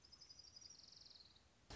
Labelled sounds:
Orange-crowned Warbler
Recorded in Sonoma County, California

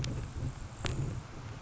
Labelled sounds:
Grasshopper Sparrow
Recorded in Sonoma County, California

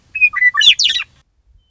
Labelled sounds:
Western Meadowlark
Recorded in Sonoma County, California

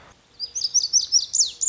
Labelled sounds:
Lazuli Bunting
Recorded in Sonoma County, California

